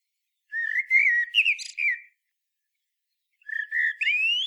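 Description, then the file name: Common blackbird singing two phrases: a low flowing fluted warble ending in squeaky twitters, then after a pause a rising whistled phrase climbing steeply at the end. "chant merle noir"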